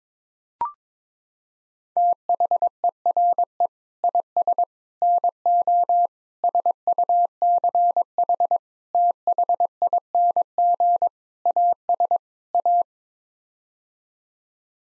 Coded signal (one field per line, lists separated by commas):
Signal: Morse code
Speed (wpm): 22 wpm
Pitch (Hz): 700 Hz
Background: none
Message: THERE IS NO SUCH THING AS A